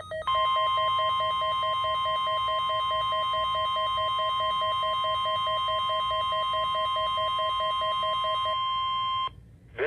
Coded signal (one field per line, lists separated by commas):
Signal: Emergency Alert System (SAME) tones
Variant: 1050 Hz attention tone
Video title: WXJ-46 Required Weekly Test (On a Thursday) (EAS #62) (8/11/16)